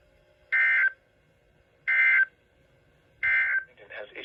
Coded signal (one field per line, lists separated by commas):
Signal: Emergency Alert System (SAME) tones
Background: speech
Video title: Severe Thunderstorm Warnings (EAS #579-585)